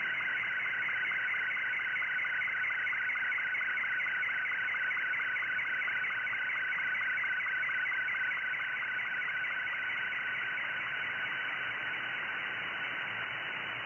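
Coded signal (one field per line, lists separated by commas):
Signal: SSTV (slow-scan television)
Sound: steady warbling howl of tones shifting rapidly in a repeating rhythm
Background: radio static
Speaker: Kind of a bit of an audio howl. It's not the nicest thing to listen to, but you'll see what I mean in a moment.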